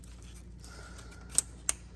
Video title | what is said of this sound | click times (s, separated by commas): 2007-2011 Jeep Wrangler Temperature Sensor Replacement | I pushed on that, snapped into place, you could hear it, and that's about it. | 1.7 s